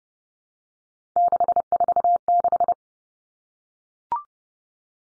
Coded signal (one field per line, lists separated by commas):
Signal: Morse code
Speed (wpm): 31 wpm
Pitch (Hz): 700 Hz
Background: none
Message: 646